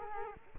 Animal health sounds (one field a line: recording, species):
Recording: mosquito wingbeat signal from an infrared sensor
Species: Culex quinquefasciatus